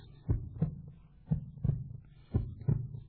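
A normal heartbeat, the sound of the heart every one of us has: steady low-pitched paired lub-dub beats at about 58 beats per minute.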